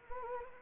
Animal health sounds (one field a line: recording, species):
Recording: mosquito wingbeat signal from an infrared sensor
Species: Anopheles gambiae